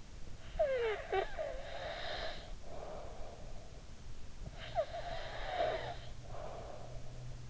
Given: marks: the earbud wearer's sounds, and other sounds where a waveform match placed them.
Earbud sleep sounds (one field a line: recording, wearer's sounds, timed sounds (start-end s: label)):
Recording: sounds in sleep by an in-ear microphone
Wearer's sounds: snoring breath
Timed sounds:
0.09-4.07 s: snoring breath
4.24-7.50 s: snoring breath